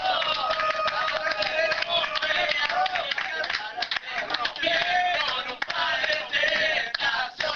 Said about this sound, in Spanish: Cerramos con un aplauso de la banda aquí en Backstage.